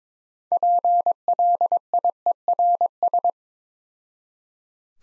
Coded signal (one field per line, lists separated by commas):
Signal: Morse code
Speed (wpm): 22 wpm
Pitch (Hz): 700 Hz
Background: none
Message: PLIERS